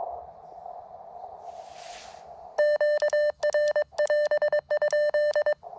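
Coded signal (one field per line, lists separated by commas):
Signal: Morse code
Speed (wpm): 22 wpm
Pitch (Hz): 600 Hz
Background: none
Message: QR<AS>?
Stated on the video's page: CW on an Elecraft KX1 four-band kit radio during a park (POTA) activation.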